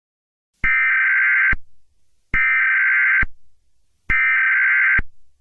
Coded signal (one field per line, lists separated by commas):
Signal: Emergency Alert System (SAME) tones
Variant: header bursts